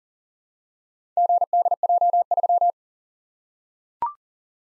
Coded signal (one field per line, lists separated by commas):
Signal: Morse code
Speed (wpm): 39 wpm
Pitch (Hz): 700 Hz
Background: none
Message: GDJ3